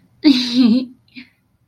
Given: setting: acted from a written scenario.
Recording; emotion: vocal sound without words; romantic love